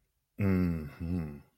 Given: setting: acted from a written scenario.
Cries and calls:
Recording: vocal sound without words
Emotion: romantic love

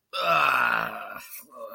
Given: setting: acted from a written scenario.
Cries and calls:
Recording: vocal sound without words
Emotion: disgust

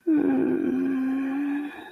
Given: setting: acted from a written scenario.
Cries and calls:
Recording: vocal sound without words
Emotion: serenity

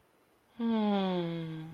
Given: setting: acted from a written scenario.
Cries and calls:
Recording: vocal sound without words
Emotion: sympathy

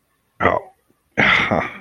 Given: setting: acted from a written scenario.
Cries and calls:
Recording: vocal sound without words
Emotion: contempt

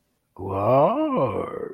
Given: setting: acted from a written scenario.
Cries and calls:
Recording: vocal sound without words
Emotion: embarrassment

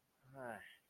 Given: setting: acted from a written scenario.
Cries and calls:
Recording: vocal sound without words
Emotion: romantic love

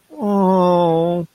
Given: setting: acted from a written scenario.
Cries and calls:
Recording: vocal sound without words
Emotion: sympathy

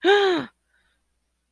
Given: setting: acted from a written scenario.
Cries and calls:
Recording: vocal sound without words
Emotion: fear

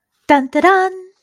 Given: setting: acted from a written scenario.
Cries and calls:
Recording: vocal sound without words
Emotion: triumph

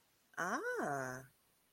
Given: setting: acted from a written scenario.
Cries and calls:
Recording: vocal sound without words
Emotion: interest

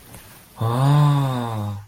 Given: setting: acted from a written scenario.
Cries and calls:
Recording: vocal sound without words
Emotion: awe

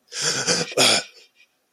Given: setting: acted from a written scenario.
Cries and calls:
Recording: vocal sound without words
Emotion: negative surprise

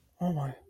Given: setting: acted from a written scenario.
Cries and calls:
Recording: vocal sound without words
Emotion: sympathy

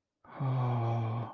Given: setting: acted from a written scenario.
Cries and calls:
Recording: vocal sound without words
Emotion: romantic love

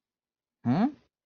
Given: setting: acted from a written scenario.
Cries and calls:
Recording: vocal sound without words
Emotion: confusion

